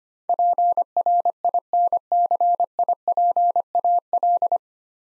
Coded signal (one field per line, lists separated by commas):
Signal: Morse code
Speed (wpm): 25 wpm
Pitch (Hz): 700 Hz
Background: none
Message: PRINCIPAL